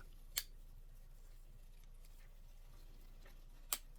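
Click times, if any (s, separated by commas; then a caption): 0.4 s, 3.7 s. A folding pocket knife with a lock-back mechanism is opened, and its steel blade snaps into its locked position with sharp, bright clicks at 0.4 s and 3.7 s over a quiet background. The lock feels solid, and the blade seats firmly each time.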